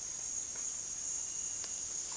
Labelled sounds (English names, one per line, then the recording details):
none
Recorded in dense forest near Puerto Asís, Putumayo, Colombia, on 18 February 2024 at 09:30
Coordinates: 0.466, -76.327
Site G6413